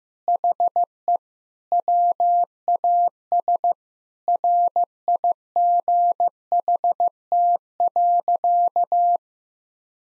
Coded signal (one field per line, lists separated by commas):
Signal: Morse code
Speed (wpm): 15 wpm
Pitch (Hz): 700 Hz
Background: none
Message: HE WAS RIGHT.